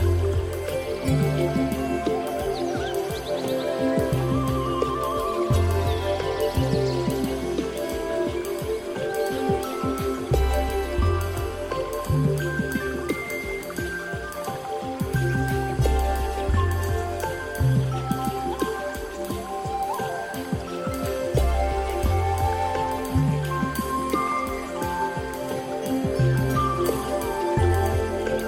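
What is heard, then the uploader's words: Calm zen music plays at a steady level, with sustained mid-range tones and a soft bass line that steps between notes every couple of seconds. Brighter melodic notes drift in and out above, and a faint high shimmer runs throughout. Nature Sounds, Zen Music.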